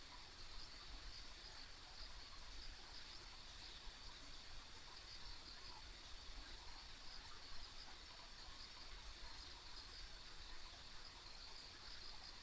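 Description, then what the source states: Insects sing in a continuous shimmering chorus with faint pulses, while low-pitched rumble runs steadily below. Ambient insect sounds recorded on a country road.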